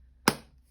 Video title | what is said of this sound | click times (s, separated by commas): Beginner's Card Making Course Week 3 - Card making with The Paper Haven and Stampin' Up! | now i can tell that that's not can you see it's just slightly not quite sure you get used to that so just it's clicking into place | 0.3 s